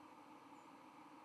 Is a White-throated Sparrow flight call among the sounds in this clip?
yes